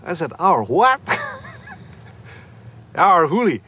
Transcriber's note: laughter